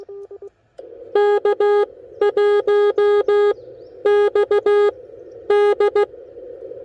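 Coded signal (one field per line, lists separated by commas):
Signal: Morse code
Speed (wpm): 18 wpm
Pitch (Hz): 410 Hz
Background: none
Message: K1XD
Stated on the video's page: POTA park activation from a car trunk with a Yaesu FT-857, Putikeeg paddle key and JPC7 dipole; rough conditions.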